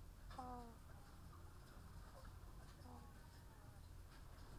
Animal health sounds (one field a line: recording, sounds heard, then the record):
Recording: poultry house recording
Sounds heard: sick chickens (respiratory disease)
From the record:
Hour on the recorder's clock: 13